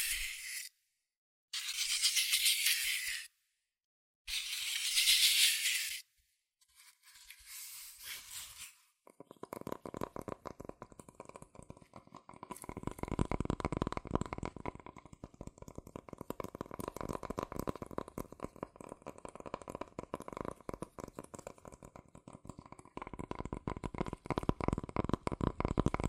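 Cardboard and paper handled quickly: the first nine seconds bring bright, hissing bursts of scratching separated by short silences. After that comes a dense, fast run of tapping and tracing, a rapid stream of dry clicks with a low rumble underneath that carries on to the end.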